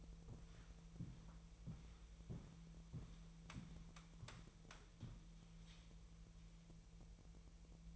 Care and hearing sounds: daily activity, microphone in the room; walk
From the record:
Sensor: 1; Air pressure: 1002.1 hPa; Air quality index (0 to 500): 237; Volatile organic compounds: 92 ppm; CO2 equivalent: 3702 ppm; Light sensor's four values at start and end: 8/19/8/9 and 8/18/7/9

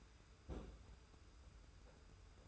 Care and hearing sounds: daily activity, microphone in the room; place on stove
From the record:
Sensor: 2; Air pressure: 991.0 hPa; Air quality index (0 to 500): 111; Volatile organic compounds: 51 ppm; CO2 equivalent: 3311 ppm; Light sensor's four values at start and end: 34/102/40/38 and 34/102/40/38

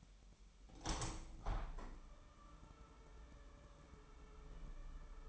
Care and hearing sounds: daily activity, microphone in the room; open window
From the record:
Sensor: 1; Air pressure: 998.6 hPa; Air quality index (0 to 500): 125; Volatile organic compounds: 3 ppm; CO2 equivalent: 1500 ppm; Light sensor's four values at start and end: 8/18/7/9 and 8/19/8/9

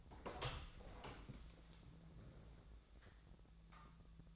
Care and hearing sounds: daily activity, microphone in the room; open door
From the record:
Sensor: 3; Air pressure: 1000.5 hPa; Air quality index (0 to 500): 180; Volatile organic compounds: 4 ppm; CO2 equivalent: 1564 ppm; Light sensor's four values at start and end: 12/29/12/13 and 12/29/12/13

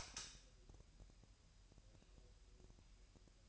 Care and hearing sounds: daily activity, microphone in the room; light on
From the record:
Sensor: 2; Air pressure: 1001.7 hPa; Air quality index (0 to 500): 247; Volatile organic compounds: 35 ppm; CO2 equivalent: 3066 ppm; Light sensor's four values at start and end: 4/9/4/4 and 9/25/10/10

